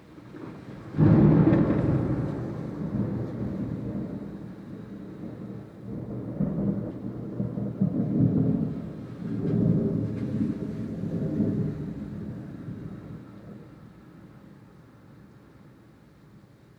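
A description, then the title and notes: A loud clap of thunder breaks in about a second in, then rolls and rumbles low and deep, swelling again around eight and ten seconds before fading away over the last few seconds. A faint hiss of rain sits underneath throughout. Rainy Day Recording. It rained most of the day and around 5 or 6, the thunder was pretty loud. This is a field recording I made of it near my window using the Zoom H4n.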